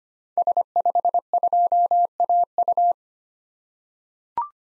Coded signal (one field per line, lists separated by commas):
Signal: Morse code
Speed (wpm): 25 wpm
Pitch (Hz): 700 Hz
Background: none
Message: S52AU